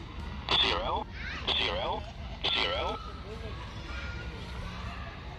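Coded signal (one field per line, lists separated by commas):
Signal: numbers station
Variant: E07 English Man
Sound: three short evenly spaced spoken words, a male voice, over hissy shortwave noise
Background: radio static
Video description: 11023 kHz USB - E07 "English Man" Numbers Station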